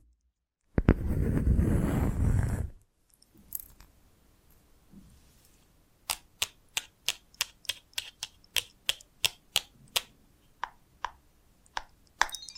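A loud, dense burst of scratching for about two seconds, a quiet pause, then crisp, evenly spaced tapping from six seconds onward.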